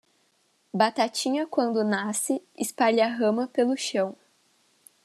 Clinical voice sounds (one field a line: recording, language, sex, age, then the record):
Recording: short text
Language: Brazilian Portuguese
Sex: female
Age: 20 to 29 years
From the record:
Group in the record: control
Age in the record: 22 years